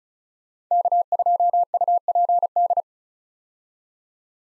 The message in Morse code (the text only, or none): K2UPD